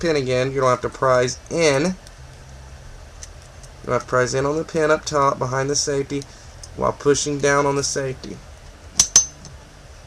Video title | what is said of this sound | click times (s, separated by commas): 1911 springfield mil-spec SS review and disassembly.With upgrades too Part3 | And then it'll click right in. | 9.0 s, 9.2 s